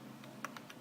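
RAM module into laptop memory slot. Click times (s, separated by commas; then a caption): 0.4 s, 0.6 s. A SO-DIMM RAM module is pushed gently down into the memory slot of a MacBook Pro Unibody laptop until the side retaining clips catch it. Two sharp snaps are heard at 0.5 s and 0.6 s, followed by a fainter tick at about 0.7 s, over a steady low hum. The module is seated in the slot.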